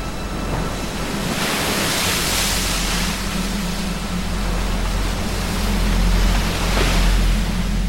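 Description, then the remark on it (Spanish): Sea waves crash and wash against the rocky pinnacles of a breakwater in a steady, dense roar, with broad surges of spray swelling every few seconds over a low rumbling hum. No voices are heard. “Y allí estuvimos durante más de una hora y media, sentados en un saliente, en un pequeño risco, contemplando el mar romper contra los picachos del rompeolas.”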